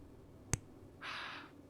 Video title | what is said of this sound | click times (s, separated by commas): Garfield Is Doc's Custom Mechanical Keyboard Build with the D65 & Boba U4 Silent Tactiles TWITCH VOD | so nice the click is so nice | 0.5 s